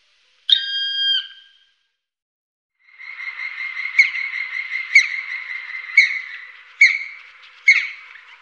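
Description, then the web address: Black woodpecker calls: a drawn-out harmonic note, a pause, then a long steady tone broken by sharp accented notes about once a second. "Faglar Sound Spillkraka"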